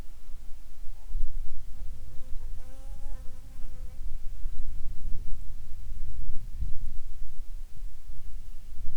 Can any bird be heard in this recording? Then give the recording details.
no. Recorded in the Arctic National Wildlife Refuge, Alaska, on 7 July 2019 at 18:46. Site 41